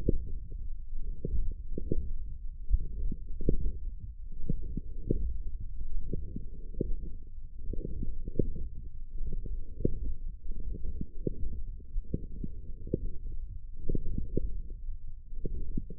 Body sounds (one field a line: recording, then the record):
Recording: forearm muscle sounds (acoustic myography)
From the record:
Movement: forearm pronation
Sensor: system 1, eight BSWA MPA416 microphones around the upper forearm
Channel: 6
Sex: male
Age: 21 years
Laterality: right